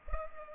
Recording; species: mosquito wingbeat signal from an infrared sensor; Culex pipiens